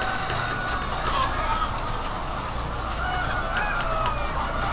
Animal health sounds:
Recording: poultry house recording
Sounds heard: healthy chickens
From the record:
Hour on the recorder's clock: 21

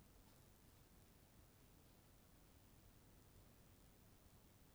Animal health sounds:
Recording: poultry house recording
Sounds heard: no chicken sound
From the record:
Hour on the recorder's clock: 1

